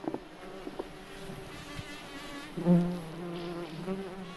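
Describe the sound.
Bumblebee wing buzz, a low hum with harmonics, quiet at first with a few faint clicks, then a stronger drone rising after two and a half seconds.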